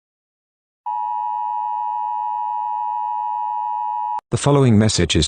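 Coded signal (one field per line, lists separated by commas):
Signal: Emergency Alert System (SAME) tones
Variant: 853 and 960 Hz attention tone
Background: speech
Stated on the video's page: Fictional EAS scenario using a text-to-speech app.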